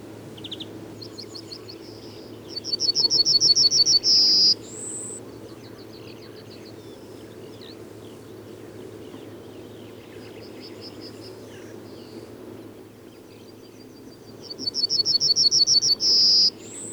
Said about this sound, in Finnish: Keltasirkun soiniton säe on yksinkertainen, siinä ei ole kovin paljon vaihtelua ja sen oppii tuntemaan helposti. Kuuntelemme vielä keltasirkun säettä.